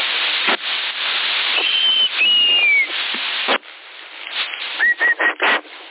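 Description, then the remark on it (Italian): A thin, high whistle comes through over a CB radio channel in Sassari, February 2019, two sliding tones, the second dipping in pitch, then a shorter whistle later, all buried in steady radio static and hiss. “Sì, avanti, fischio.”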